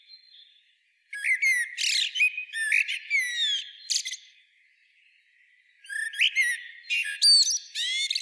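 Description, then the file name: Common blackbird producing loud bursts of high, squealing and chattering notes, pausing for about a second, then resuming with more shrill twitters. "Turdus merula"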